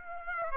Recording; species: mosquito wingbeat signal from an infrared sensor; Aedes aegypti